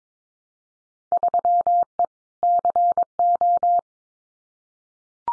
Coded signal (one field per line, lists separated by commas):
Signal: Morse code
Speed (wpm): 22 wpm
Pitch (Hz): 700 Hz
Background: none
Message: 3E CO